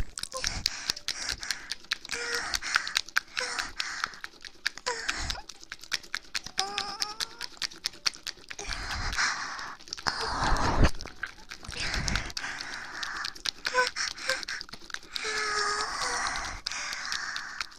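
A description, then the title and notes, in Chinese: Ear licking and mouth sounds: a dense, continuous run of wet clicks, smacks and tongue taps, crisp and fairly bright. Softer stretches alternate with fuller, breathier licking swells around 9–11 and 15–17 seconds, with a few short squeaky slurps in between. 舔耳+口腔音。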